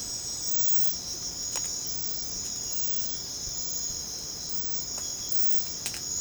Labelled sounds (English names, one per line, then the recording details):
none
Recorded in secondary vegetation near Puerto Asís, Putumayo, Colombia, on 21 December 2024 at 05:00
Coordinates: 0.499, -76.323
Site G010